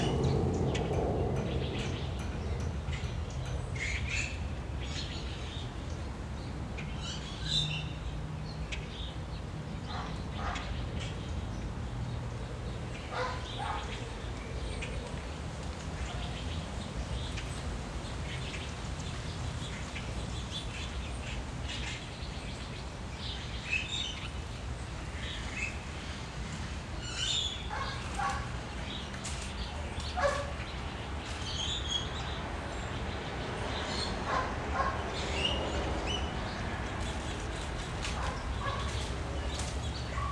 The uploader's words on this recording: Saturday morning in the backyard with planes and birds singing in Phoenix Arizona. The sun was shining, the Fall weather of 76 degrees, the birds chirping.